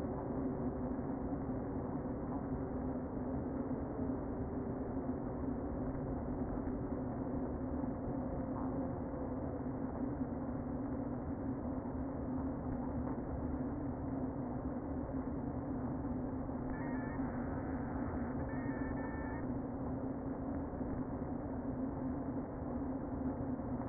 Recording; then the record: honeybee colony, microphone inside the hive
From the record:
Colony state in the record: queen present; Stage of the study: before two queens were removed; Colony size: about 60,000 bees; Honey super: yes